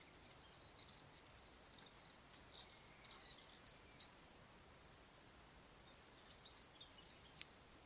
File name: sylvia subalpina